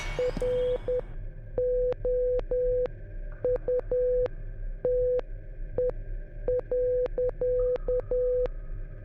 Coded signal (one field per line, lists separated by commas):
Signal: Morse code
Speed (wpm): 10 wpm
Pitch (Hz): 500 Hz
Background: none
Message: ROUTE.